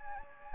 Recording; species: mosquito wingbeat signal from an infrared sensor; Anopheles gambiae